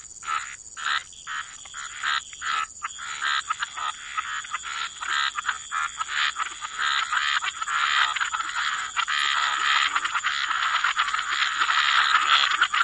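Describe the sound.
Frog chorus starting with separate clicking croaks that build into a thick continuous rattling din, over a steady high hiss.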